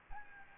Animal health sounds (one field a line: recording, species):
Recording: mosquito wingbeat signal from an infrared sensor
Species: Aedes albopictus